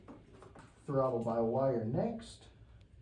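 A plastic throttle-by-wire connector is handled before being pushed into its mating connector on a 2008–2013 Street Glide motorcycle wiring harness during an ape hanger install. Someone talks through most of the clip, with faint ticks near 0.1 s, 0.4 s and 2.8 s. Nothing has seated or clicked yet.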